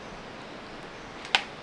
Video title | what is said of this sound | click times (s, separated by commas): BMW 2001 R1150RT Valve Adjustment | pop in there you hear a click and | 1.3 s